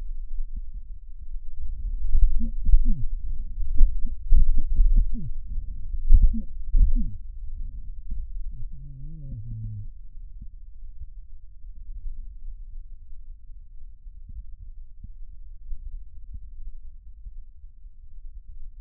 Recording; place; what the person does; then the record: lung sounds by stethoscope; left anterior apical chest; quiet breathing, then cough and speech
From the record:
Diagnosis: COPD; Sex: male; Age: 78 years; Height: 162 cm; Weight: 66.4 kg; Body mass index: 25.3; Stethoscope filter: bell mode